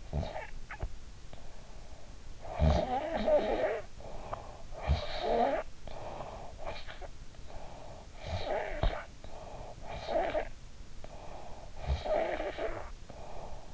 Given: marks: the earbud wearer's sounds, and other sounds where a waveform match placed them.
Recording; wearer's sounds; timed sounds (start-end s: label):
sounds in sleep by an in-ear microphone; snoring breath
0.00-2.08 s: snoring breath
2.57-4.56 s: snoring breath
4.74-6.32 s: snoring breath
6.46-7.78 s: snoring breath
8.03-13.74 s: snoring breath